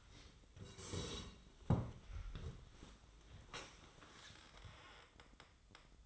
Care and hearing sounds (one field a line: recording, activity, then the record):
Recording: daily activity, microphone in the room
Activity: sit down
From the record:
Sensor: 3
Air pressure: 1005.1 hPa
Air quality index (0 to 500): 92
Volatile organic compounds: 3 ppm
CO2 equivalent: 1430 ppm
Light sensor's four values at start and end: 9/19/8/8 and 10/22/9/9